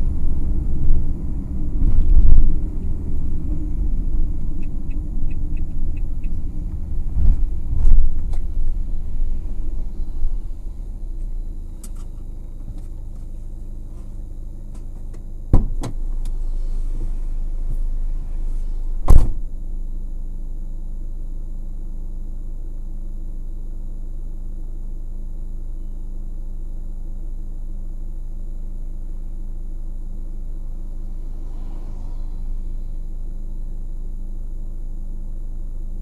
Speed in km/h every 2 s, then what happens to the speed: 40, 35, 29, 20, 8, 1, 0, 1, 1, 1, 1, 1, 1, 2, 1, 1, 1, 1.
0-10 brakes to 1. 10-36 standing.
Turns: none.